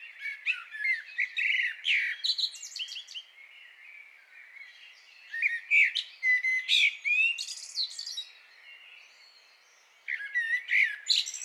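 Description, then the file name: Common blackbird song, bursts of chattering twitters and fluty slurs, a quieter stretch in the middle, then a final flurry. "Turdus merula"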